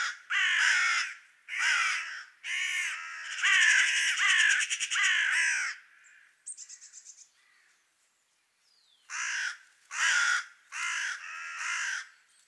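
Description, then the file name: Carrion crow giving harsh caws in bursts, with some notes broken into a rapid stutter and a brief soft rattle, then a silent gap before several more caws. "Corvus corone"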